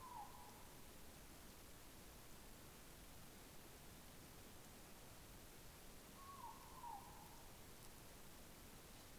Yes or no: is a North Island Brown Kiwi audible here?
no